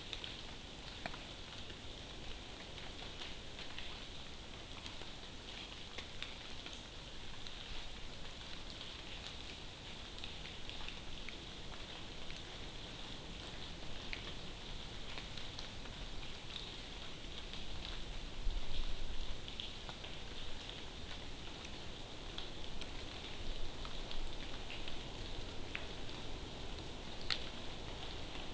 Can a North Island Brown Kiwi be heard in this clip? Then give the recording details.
no. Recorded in New Zealand on 12 June 2014. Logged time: 02:19